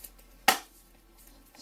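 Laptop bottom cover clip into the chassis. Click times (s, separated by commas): 0.5 s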